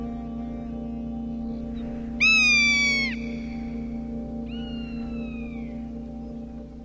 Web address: episode rough-legged-hawk